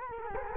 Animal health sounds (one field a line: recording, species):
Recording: mosquito wingbeat signal from an infrared sensor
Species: Culex quinquefasciatus